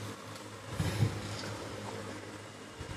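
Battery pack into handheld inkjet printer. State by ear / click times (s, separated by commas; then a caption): not seated / none. A battery pack is handled and lined up with the slot of a handheld inkjet printer before insertion, with a low steady hum and some soft handling noise around 0.8 to 1.1 seconds. Nothing has seated or clicked yet; the pack is only pressed in later, locking with moderate pressure.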